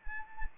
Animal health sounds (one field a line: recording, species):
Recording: mosquito wingbeat signal from an infrared sensor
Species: Anopheles arabiensis